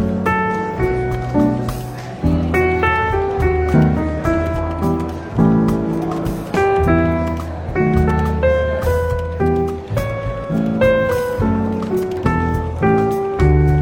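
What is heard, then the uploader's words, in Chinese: Soft, relaxed jazz plays steadily with a walking bass and piano chords, while a light murmur of café chatter sits underneath throughout. 伦敦书店咖啡馆轻微喧闹氛围与柔和轻松的爵士背景音乐。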